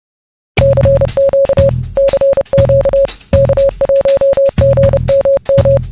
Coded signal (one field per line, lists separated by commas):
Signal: Morse code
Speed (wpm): 30 wpm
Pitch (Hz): 550 Hz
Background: music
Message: CQ CQ K1GMM